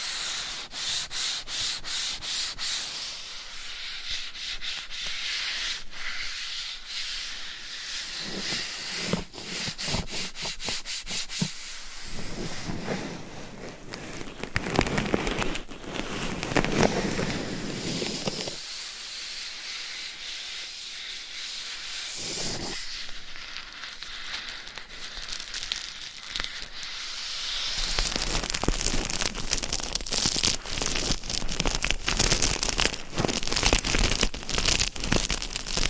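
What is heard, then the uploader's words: Scratching and tapping on a microphone, a dry, raspy rubbing broken by quick clicking taps throughout. The scratching swells into a fuller, louder rub around the middle, and the final stretch becomes dense, steady and bright, with rapid taps layered over it. ASMR Binaural Mic Scratching & Tapping with Different Gloves & Nails for 100% SLEEP - No Talking.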